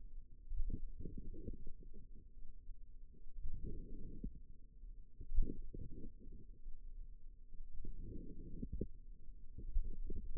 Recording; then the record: forearm muscle sounds (acoustic myography)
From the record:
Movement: outward rotation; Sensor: system 2, bracelet of six BSWA MPA416 microphones around the upper forearm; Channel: 4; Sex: female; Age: 22 years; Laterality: right